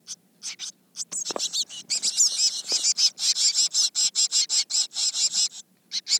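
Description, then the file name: Eurasian blue tit calling in a fast series of high notes, several a second, running together more densely in the middle. "Cyanistes caeruleus"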